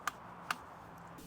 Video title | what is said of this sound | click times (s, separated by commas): Small $ Big Carrying Capacity- New DK2 Bike Rack | and then you're going to press down and you're going to hear and we want to hear at least two clicks | 0.1 s, 0.5 s